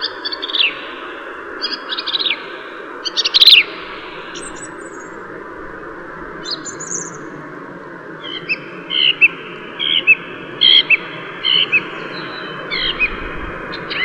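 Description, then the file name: Song thrush song: varied short phrases, later a run of repeated clear notes, over steady broad background noise. "suara kicauan burung song thrush. omkicau"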